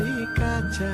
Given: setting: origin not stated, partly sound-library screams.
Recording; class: one-second piece from a danger detection set; normal situation